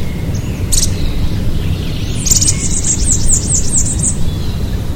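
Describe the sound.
Bird giving high, thin chirps: a short burst near the start, then a quick run of rapid notes, over steady low rumbling noise.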